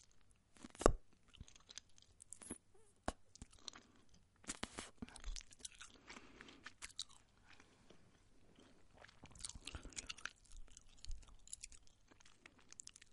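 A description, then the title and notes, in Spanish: A woman's mouth sounds: wet chewing and crunchy bites, with sharp clicks near the start and irregular smacking throughout. 5 Mouth Sounds Para Dormir. Relajantes sonidos con la boca de mujer sensual.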